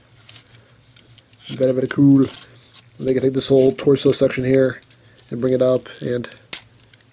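Someone talks while the plastic torso section of a transforming robot toy is lifted up into its locked position. It snaps into place with a sharp click at 6.5 s, and the section is seated.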